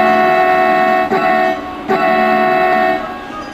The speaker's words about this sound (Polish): Wiem, że kocha Górny Śląsk, tramwaje i pociągi. Również te poruszające się po miniaturowych torowiskach. Dlatego odwiedzamy Kolejkowo, jedną z trzech największych w Polsce makiet kolejowych.